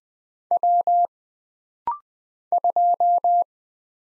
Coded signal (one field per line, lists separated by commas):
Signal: Morse code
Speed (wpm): 20 wpm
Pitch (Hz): 700 Hz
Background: none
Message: W 2